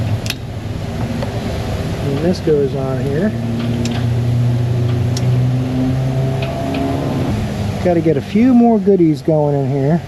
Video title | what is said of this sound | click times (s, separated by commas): Ferrari, almost complete P4, Lexus RX330 needs tires and a battery. Auto Repair Shop DAY 821 | snaps into place here. | 0.3 s